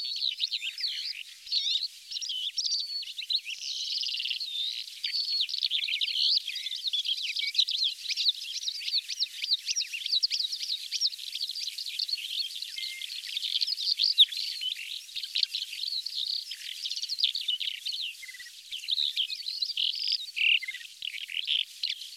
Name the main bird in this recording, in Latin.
Melanocorypha calandra